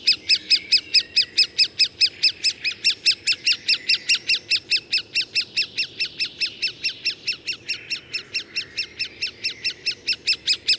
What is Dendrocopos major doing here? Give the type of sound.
call